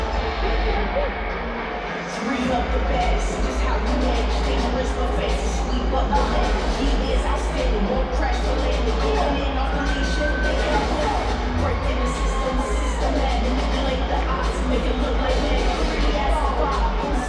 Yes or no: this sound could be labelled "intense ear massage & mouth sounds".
no